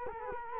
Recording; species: mosquito wingbeat signal from an infrared sensor; Culex quinquefasciatus